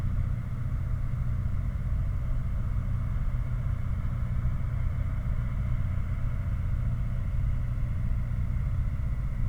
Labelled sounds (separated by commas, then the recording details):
machinery, flare stack
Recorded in the Prudhoe Bay oil fields, Alaska, on 16 August 2019 at 01:02
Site 29